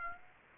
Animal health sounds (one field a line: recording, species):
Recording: mosquito wingbeat signal from an infrared sensor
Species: Aedes aegypti